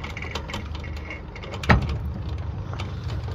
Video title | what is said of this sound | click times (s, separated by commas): D035 Cruise Master Offroad trailer hitch | Lock into place. | 1.7 s